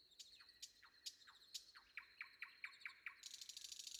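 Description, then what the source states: Nightingale song: a run of about a dozen quick descending notes ending in a harsh buzzy trill, with a steady high tone behind. Recorded before dawn.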